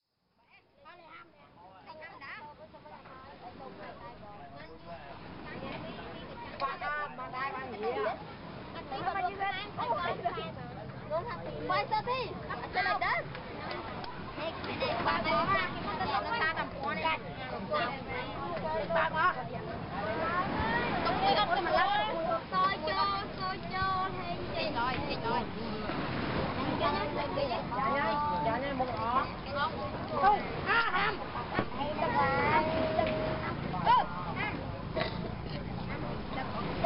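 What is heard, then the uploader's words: Children's voices chatter and call out on a beach, overlapping in a busy, lively stream that grows louder after the first few seconds. A low rumble of an engine or passing boat sits underneath, with general outdoor bustle throughout. Cambodia - children playing at beach. Children of several of the seafood hawkers on the beach gather to talk and play in (Krong Prea) Sihanoukville, Cambodia.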